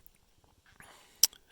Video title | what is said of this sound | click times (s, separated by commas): Gerber Suspension Multi Tool 22-01471 Review by MUDD CREEK | you know obviously and then it locks in place | 1.2 s